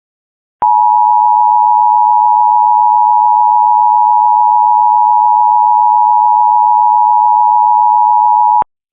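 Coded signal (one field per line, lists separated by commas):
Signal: Emergency Alert System (SAME) tones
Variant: 853 and 960 Hz attention tone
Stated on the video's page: Required weekly and monthly tests only.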